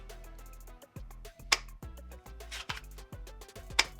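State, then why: Seated. A Glock 19 Gen 6 pistol is pushed into a polymer holster and snaps into its retention with a sharp click at 1.5 s, seating nice and secure. Music plays throughout, and two more sharp clicks follow at about 2.7 s and 3.8 s.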